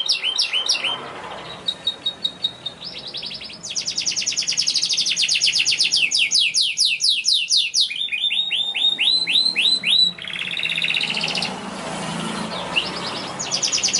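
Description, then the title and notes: Canary song with long, varied rolling trills, each phrase a fast series of repeated sweeping notes, changing pitch and pace every few seconds. Young canary song used as a lure to train other birds (masteran). "Pancingan Kenari Muda. masteran kenari"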